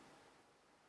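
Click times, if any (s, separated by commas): none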